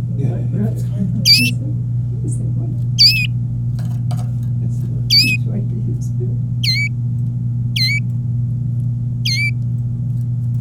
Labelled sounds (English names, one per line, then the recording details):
Domestic Canary song
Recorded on 26 April 2018 at 13:28
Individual llb3